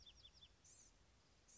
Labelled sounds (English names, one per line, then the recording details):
Blue-gray Gnatcatcher
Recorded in Sonoma County, California